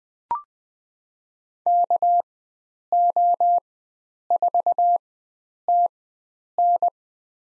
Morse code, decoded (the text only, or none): KO4TN